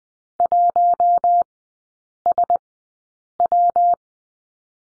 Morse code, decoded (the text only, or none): 1SW